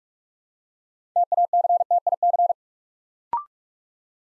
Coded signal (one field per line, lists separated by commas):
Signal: Morse code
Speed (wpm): 44 wpm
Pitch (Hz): 700 Hz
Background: none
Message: TACTIC